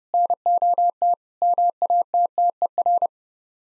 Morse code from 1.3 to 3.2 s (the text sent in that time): MATTER